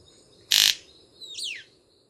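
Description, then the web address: White-collared Manakin makes one loud, sharp snap, then a slurred whistled call falling in pitch, with faint insect hiss behind. Recorded at Gandoca-Manzanillo, Costa Rica. "Gandoca Manzanillo. manacus candei"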